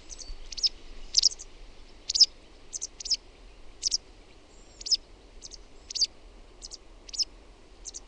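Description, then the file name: White wagtail calling, a series of short sharp high chirps spaced at irregular intervals. "VASTARAKKI"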